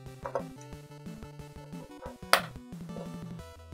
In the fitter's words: I'm assuming that goes right here. Snaps right in place.